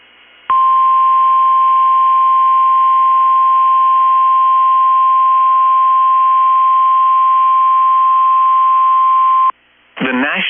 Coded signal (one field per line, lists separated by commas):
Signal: Emergency Alert System (SAME) tones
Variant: 1050 Hz attention tone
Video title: Severe Thunderstorm Warning EAS Hennepin County Minnesota NOAA KEC65 7 19 23 630 PM